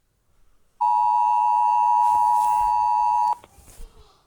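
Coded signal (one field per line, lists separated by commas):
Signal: Emergency Alert System (SAME) tones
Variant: 853 and 960 Hz attention tone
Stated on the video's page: Fake tornado warning alert, fictional scenario set in Egypt.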